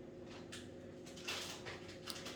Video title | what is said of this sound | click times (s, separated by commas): HOW TO REPLACE A CRACKED SCREEN ON AN IPHONE | Okay, and those kind of just almost like snap into place. | 2.1 s